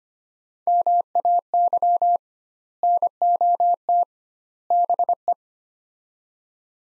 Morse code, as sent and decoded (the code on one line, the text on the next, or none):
-- .- -.-- / -. --- - / -... .
MAY NOT BE